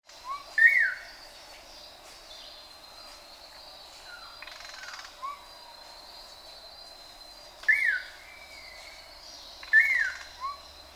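Manakin calls: a few bright, falling whistled notes spaced several seconds apart, over a constant high hum.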